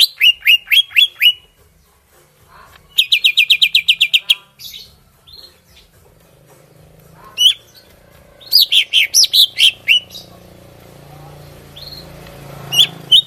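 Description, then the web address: Greater green leafbird singing: quick repeated chirps, a fast rattling series, then mixed whistles and sharp notes with a low hum in the background. From Kalimantan. "cucak ijo kalimantan"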